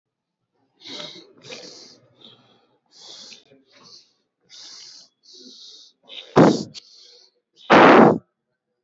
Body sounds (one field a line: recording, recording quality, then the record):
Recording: shallow breathing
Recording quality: excellent, no background noise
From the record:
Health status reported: COVID-19 positive, moderate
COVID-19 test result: positive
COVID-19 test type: RT-PCR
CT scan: not taken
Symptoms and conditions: cough, cold, sore throat, fatigue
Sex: male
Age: 24 years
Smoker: yes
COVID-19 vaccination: both doses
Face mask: not worn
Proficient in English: yes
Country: India